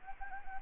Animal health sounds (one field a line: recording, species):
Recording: mosquito wingbeat signal from an infrared sensor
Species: Anopheles gambiae